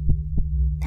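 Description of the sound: Two dull, low thumps about a third of a second apart form one lub-dub pair over a steady low hum, and a voice begins at the end. It is an ordinary-sounding heartbeat, very similar to a human's.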